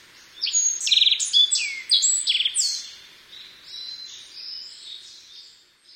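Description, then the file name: Black-faced bunting singing a brisk phrase of clear whistles and brief buzzy notes, followed by quieter, fading twitters. "aoji"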